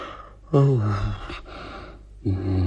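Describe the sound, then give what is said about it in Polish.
A voice imitates snoring: two drawn-out, buzzy snores, each starting loud and sliding down in pitch, separated by a quieter breathy pause. “A może sowa chrapie chrapina?”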